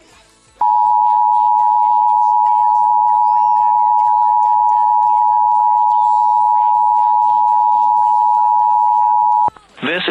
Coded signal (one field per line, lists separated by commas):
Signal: Emergency Alert System (SAME) tones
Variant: 853 and 960 Hz attention tone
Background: speech, music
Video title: Wisconsin Required Monthly Test on WMVS Milwaukee, WI (Milwaukee PBS) (7/6/22) (EAS #25)